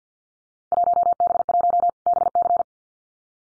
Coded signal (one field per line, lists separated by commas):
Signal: Morse code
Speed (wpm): 48 wpm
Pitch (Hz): 700 Hz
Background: none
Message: 1B1 BC